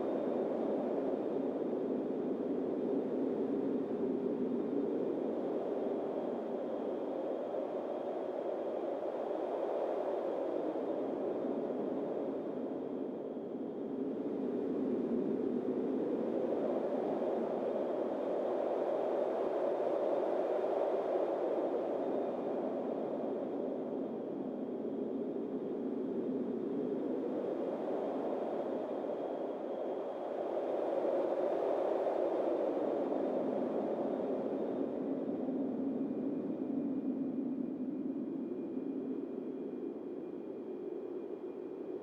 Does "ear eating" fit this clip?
no